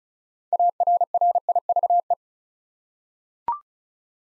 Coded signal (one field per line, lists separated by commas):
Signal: Morse code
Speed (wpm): 34 wpm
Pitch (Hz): 700 Hz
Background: none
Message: ARRIVE